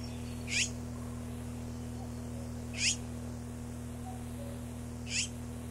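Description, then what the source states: Azure tit uttering three thin, high, descending call notes, evenly spaced roughly two and a quarter seconds apart, over a quiet humming background. Recorded 12 June 1992.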